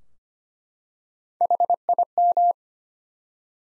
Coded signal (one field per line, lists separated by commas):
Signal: Morse code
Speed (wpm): 25 wpm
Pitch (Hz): 700 Hz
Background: none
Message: HIM